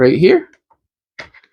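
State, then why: Seated. Someone talks briefly, then the mini chainsaw head of a SEESII 2-in-1 electric pole saw is slid onto its extension pole and locks with a sharp tick at 1.2 s, followed by two faint ticks. The head is confirmed locked in place on the pole.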